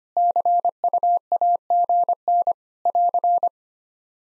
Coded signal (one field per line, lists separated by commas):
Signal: Morse code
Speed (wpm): 25 wpm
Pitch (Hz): 700 Hz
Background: none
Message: CUAGN <AR>